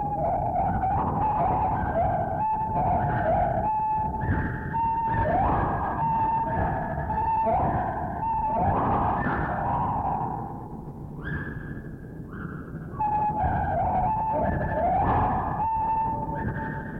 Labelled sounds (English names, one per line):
Lar Gibbon